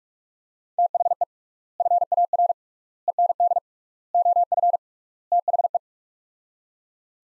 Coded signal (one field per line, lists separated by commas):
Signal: Morse code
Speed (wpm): 41 wpm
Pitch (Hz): 700 Hz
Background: none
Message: THE FAR END OF THE